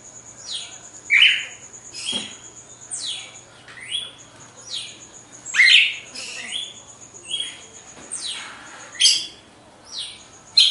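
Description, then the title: Red-cowled cardinal song: clear whistled phrases, some sliding down and some rising, given in a slow irregular series with short pauses, over a faint steady high tone. Female; after the moult; contest bird. "Canto Galo Campina Fêmea 02. GALO DE CAMPINA DEPOIS DA MUDA (disputa)"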